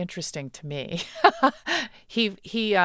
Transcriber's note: laughter